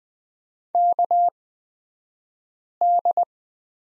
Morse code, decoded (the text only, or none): KD